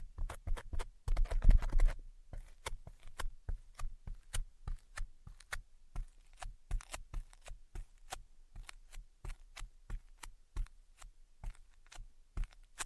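Tapping and scratching sounds: a quick, crowded cluster of taps and scrapes in the first two seconds, then sharp, separate taps at a fairly steady pace of about three per second. Each tap is crisp and clicky, with a soft low thump beneath.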